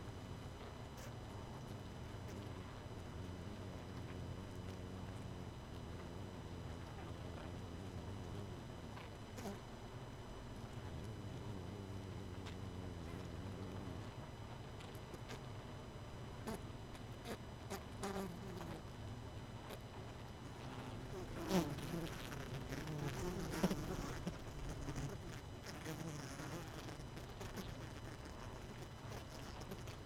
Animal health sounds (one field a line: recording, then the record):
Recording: honeybee colony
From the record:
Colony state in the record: missing queen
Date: 31 May 2018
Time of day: 23:30